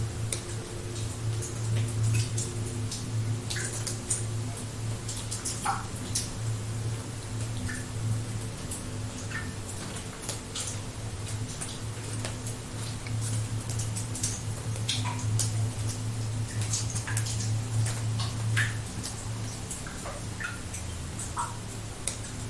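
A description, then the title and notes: Water drips steadily, with sharp, bright drops landing irregularly every second or so, some crisp, others softer. Underneath runs a constant low hum, and a faint steady hiss fills the background throughout. The water drop sounds mimic the gentle dripping of water.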